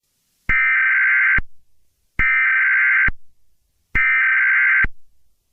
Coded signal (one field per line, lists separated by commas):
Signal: Emergency Alert System (SAME) tones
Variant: header bursts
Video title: (VAILD TONES) a filler eas video created out of boredom